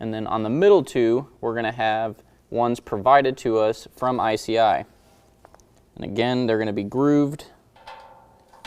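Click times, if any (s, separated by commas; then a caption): 8.6 s. Someone talks while a grooved plastic clip supplied with the ICI Magnum Base front bumper kit is pressed into the aftermarket bumper on a 2017 Chevy Silverado 2500. A few faint ticks come before a sharp snap at 8.7 s as the clip seats into place.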